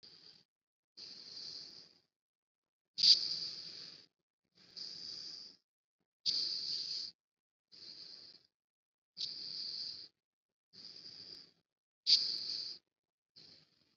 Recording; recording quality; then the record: deep breathing; excellent, no background noise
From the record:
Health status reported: COVID-19 positive, moderate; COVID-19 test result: positive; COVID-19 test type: RT-PCR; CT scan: not taken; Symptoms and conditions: cough, fever, fatigue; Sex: male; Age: 46 years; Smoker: no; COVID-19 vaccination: both doses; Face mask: worn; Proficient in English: yes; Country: India